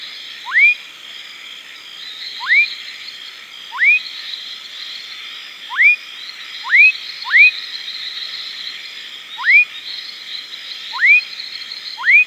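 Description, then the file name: Fuscous foam frog repeating a quick rising whistle nine times at uneven intervals, with a continuous buzzing background. "Leptodactylus fuscus"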